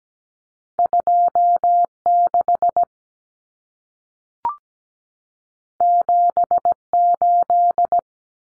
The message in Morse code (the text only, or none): 26 78